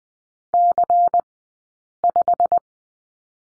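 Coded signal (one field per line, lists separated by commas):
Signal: Morse code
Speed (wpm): 20 wpm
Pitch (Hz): 700 Hz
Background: none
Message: C5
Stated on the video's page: Morse code course lesson on letter Y, Farnsworth spacing at 20/10 wpm.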